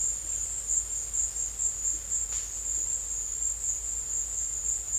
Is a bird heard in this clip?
no